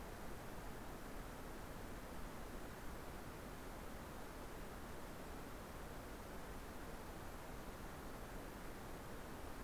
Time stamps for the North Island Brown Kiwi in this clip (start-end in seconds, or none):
none